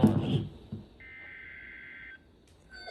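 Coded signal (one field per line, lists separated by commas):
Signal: Emergency Alert System (SAME) tones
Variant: header bursts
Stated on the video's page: Real EAS tornado watch alert for central North Carolina, recorded on an iPhone 12 Pro Max.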